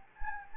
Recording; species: mosquito wingbeat signal from an infrared sensor; Anopheles gambiae